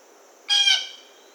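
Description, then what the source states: Blue jay giving a single harsh, buzzy jeer lasting about half a second over a faint steady high hum. Recorded 1 August 2009.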